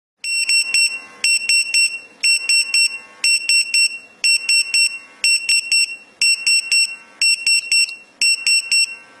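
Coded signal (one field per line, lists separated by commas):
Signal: pager alert tone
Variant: French firefighter pager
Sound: rapid bursts of short high-pitched beeps, repeating in groups about every 0.6 seconds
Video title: Bruitage Bip Pompier mp3 gratuite pour portable - SonnerieTelephone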